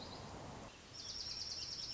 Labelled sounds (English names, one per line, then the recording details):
Dark-eyed Junco
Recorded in Sonoma County, California